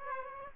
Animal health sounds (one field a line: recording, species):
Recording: mosquito wingbeat signal from an infrared sensor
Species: Aedes aegypti